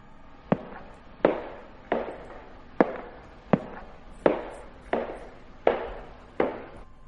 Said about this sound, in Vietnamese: Vũ nghe mơ hồ có tiếng bước chân từ xa. Tiếng bước chân đang từ từ vọng lại, nghe rõ lắm.